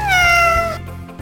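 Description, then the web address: Cat giving a single clear meow that starts high and glides gently downward, lasting under a second, with a low hum underneath. "hhbornemann katze"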